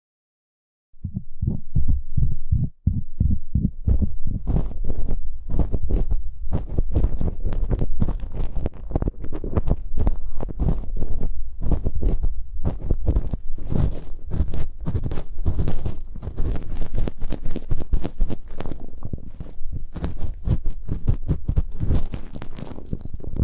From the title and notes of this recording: Super comfortable ear picking, immersive, multiple props.